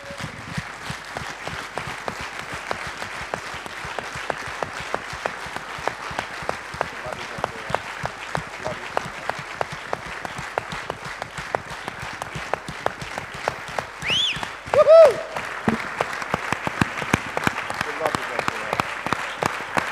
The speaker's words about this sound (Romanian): So I would like us all not just to clap our hands. Aș vrea nu numai să aplaudăm, but to stand and honor her.